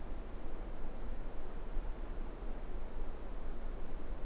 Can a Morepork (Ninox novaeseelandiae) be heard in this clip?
no